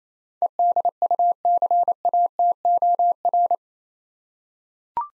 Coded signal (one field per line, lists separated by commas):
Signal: Morse code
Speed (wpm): 28 wpm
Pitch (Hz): 700 Hz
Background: none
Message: EDUCATOR